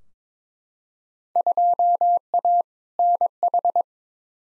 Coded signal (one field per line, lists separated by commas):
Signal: Morse code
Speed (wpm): 22 wpm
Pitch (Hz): 700 Hz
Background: none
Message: 2A NH